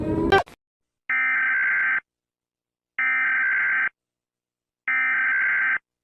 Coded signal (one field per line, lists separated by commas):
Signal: Emergency Alert System (SAME) tones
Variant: header bursts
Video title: Correction of Mr Incredible Becoming Uncanny: You Hear This EAS Alarm